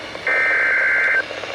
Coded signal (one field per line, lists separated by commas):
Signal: Emergency Alert System (SAME) tones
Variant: header bursts